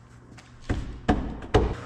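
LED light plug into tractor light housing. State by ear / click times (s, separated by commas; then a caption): seated / 1.1 s, 1.6 s. A new plug for LED lights is pushed into a tractor's rubber light housing, which flexes and hooks in. After a softer knock at 0.7 s, two sharp clicks land at 1.1 s and 1.6 s, and the plug is seated.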